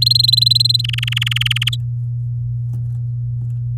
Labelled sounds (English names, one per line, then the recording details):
Domestic Canary song
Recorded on 6 May 2018 at 11:48
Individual llb16